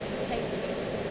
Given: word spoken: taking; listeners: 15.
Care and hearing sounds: one English word in noise, from a listening test; speech-shaped noise; -6.7 dB; 1 of 15; 6 of 15; 0.71 s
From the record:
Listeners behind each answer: 6, 3, 1, 1, 1, 1, 1, 1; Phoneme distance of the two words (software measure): 20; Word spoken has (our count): 2 syllables, 5 phonemes, stress on syllable 1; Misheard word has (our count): 2 syllables, 5 phonemes, stress on syllable 1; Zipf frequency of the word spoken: 5.46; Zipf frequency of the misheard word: 5.42

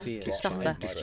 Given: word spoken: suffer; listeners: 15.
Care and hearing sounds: one English word in noise, from a listening test; four-talker babble; 0.8 dB; 5 of 15; 7 of 15; 0.63 s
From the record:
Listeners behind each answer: 7, 5, 2, 1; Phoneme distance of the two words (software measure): 10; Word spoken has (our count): 2 syllables, 4 phonemes, stress on syllable 1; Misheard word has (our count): 2 syllables, 4 phonemes, stress on syllable 1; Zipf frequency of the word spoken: 4.31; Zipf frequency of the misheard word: 4.01

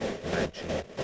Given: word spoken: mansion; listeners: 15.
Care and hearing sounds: one English word in noise, from a listening test; noise modulated by three-talker babble; -5.6 dB; 1 of 15; 7 of 15; 0.64 s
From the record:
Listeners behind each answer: 7, 5, 1, 1, 1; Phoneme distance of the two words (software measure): 30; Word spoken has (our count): 2 syllables, 5 phonemes, stress on syllable 1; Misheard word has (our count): 2 syllables, 5 phonemes, stress on syllable 1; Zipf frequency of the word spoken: 3.84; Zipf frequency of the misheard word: 4.83

